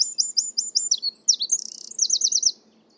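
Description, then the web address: Bird calling with very high, rapid trilled notes in quick repeated groups, a few downslurred chirps midway, then a final fast trill ending abruptly. "cianscape birddata Deverinetal 2025"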